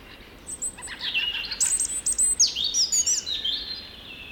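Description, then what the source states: European robin singing: a rapid, tumbling phrase of thin high whistles and trills sliding up and down, over a steady background hiss. Singing at full volume as the light returns; recorded in Hartola.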